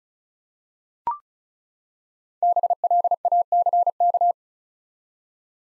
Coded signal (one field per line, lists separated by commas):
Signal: Morse code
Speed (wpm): 36 wpm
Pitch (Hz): 700 Hz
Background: none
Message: BLACK